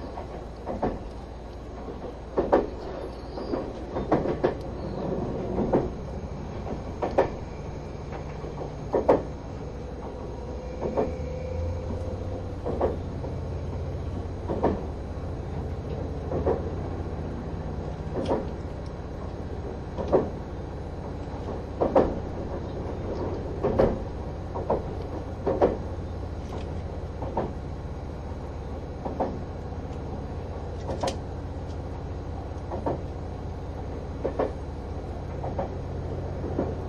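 Train running sound from inside a quiet green car, with a steady low engine and motor hum underneath. Light clacks and thumps from the wheels repeat every second or two throughout, and a faint whine rises briefly near the start.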